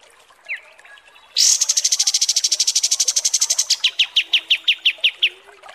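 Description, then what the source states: Kapas tembak song: a very high, fast buzzy trill that slows into a series of separate lower chips. Masteran training recording of kapas tembak song.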